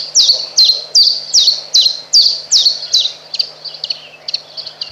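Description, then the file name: Common chiffchaff delivering loud high chiff-chaff notes at a steady pace, fading into softer, quieter notes over the last two seconds. "Pierwiosnek"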